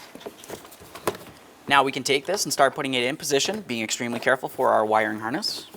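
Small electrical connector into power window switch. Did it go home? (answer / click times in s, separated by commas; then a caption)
yes / 1.1 s. A small electrical connector is pressed into the power window switch of a 2012–2018 Nissan Altima during a window regulator replacement, giving a sharp click at 1.1 s after a couple of fainter taps, then a light tug. The connector is seated, and afterwards someone talks.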